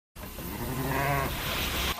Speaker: Des bêlements et le bourdonnement des tondeuses électriques, c'est tout ce qu'on entend dans la grange de cette immense ferme de 15 000 moutons.